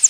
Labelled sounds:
Northern Parula flight call

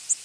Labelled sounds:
Worm-eating Warbler flight call

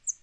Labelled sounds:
Northern Parula flight call

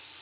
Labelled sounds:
Tennessee Warbler flight call

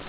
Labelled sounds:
Grace's Warbler flight call

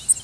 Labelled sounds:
Worm-eating Warbler flight call

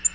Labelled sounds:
Tennessee Warbler flight call

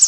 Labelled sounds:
Pine Warbler flight call

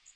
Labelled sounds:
Magnolia Warbler flight call

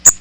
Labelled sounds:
Magnolia Warbler flight call

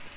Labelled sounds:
Magnolia Warbler flight call

